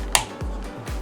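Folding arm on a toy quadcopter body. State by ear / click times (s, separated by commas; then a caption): seated / 0.2 s. A folding arm on a plastic toy quadcopter body is swung open and clicks into its detent, seating in position. A single sharp, bright click is heard at 0.2 s over a steady low hum, with faint softer ticks afterward.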